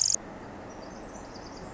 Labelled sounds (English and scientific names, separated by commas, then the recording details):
Pacific Wren (Troglodytes pacificus)
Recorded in Sonoma County, California